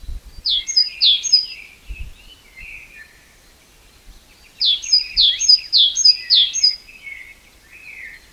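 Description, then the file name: Great tit delivering a short run of ringing two-note phrases, a pause with soft notes, then a longer run of the same phrases. "Parus major"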